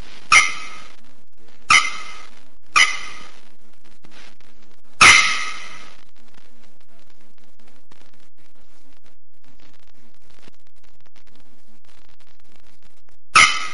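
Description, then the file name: Bearded Bellbird calls: three sharp notes about a second apart, a fainter one, a louder ringing note, a long silence, then one more note. "Canto da araponga do nordeste"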